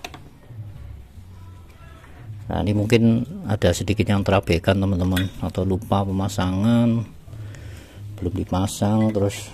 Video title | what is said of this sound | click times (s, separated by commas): mio j sering mati mati part 2 | Sampai bunyi klek gitu ya Nah | 0.1 s